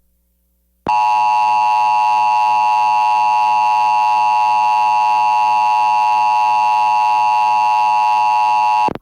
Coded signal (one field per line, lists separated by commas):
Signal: Emergency Alert System (SAME) tones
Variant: 853 and 960 Hz attention tone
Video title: Nothing To Be Said Here | EAS Alerts from 8/19/21 (EAS #685-695)